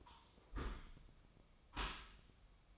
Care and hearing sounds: daily activity, microphone in the room; close dishwasher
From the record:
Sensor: 1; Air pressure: 1004.7 hPa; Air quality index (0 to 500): 105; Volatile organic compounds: 3 ppm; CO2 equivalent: 1441 ppm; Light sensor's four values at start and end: 9/22/8/9 and 9/22/8/9

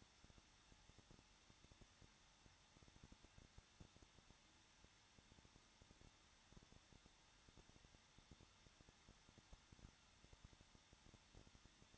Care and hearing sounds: daily activity, microphone in the room; no activity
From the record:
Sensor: 3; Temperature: 21.2 degrees Celsius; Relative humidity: 36.5%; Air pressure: 1006.4 hPa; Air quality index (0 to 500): 224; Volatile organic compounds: 44 ppm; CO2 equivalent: 3215 ppm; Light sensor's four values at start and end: 2/3/2/2 and 2/3/2/2

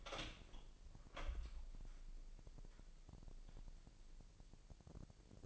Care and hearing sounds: daily activity, microphone in the room; open door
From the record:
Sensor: 5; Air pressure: 1001.3 hPa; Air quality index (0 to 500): 248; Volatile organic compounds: 35 ppm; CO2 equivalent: 3060 ppm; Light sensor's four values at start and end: 36/83/33/31 and 36/82/33/31

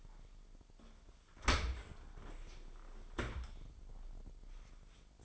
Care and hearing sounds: daily activity, microphone in the room; open dishwasher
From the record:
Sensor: 5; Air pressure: 995.9 hPa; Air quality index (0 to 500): 104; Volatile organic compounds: 7 ppm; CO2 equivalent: 2009 ppm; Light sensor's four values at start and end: 41/98/41/43 and 41/98/41/43

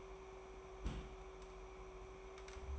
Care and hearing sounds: daily activity, microphone in the room; place on stove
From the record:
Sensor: 1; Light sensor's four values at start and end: 55/142/59/75 and 55/141/58/74

